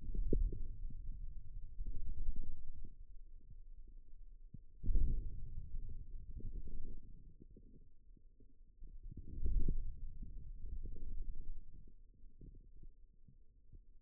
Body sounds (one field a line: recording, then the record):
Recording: forearm muscle sounds (acoustic myography)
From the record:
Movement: wrist extension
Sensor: system 2, bracelet of six BSWA MPA416 microphones around the upper forearm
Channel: 1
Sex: male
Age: 22 years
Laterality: right